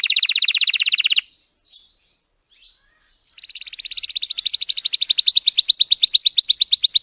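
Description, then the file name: Canary (Belgian, red frosted): canary song: a short rapid trill, a near-silent pause with faint chips, then a long accelerating high rolling trill. Belgian canary, red frosted variety. "canto do canario belga vermelho nevado"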